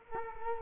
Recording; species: mosquito wingbeat signal from an infrared sensor; Culex quinquefasciatus